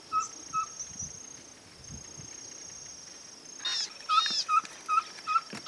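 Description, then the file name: Ferruginous pygmy owl calling with short whistled hoots, a pair at the start, then a steady series near the end, with chirping birds and a thin high insect whine. "Cabure-Chico Voz"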